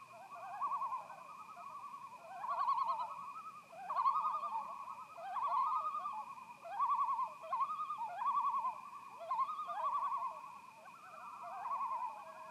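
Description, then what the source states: Loon tremolo, a rapid quavering laugh repeated in bursts roughly every one to two seconds throughout, with faint higher overtones. Loons recorded at Sunset Lodge on 10 September 2018.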